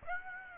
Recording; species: mosquito wingbeat signal from an infrared sensor; Aedes aegypti